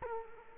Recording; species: mosquito wingbeat signal from an infrared sensor; Culex quinquefasciatus